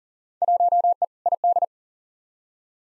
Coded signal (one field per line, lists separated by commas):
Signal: Morse code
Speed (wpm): 40 wpm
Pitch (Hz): 700 Hz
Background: none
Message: 1E ID